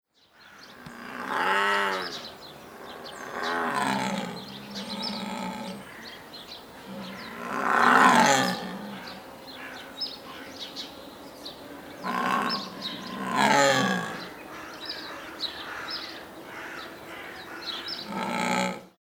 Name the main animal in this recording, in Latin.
Panthera onca